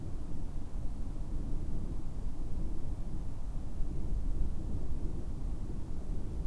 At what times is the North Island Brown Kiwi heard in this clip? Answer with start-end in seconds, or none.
none